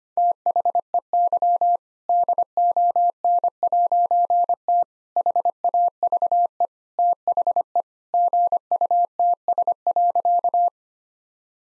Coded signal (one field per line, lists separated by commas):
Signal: Morse code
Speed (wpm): 25 wpm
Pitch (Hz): 700 Hz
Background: none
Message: THEY DON'T HAVE THE GUTS.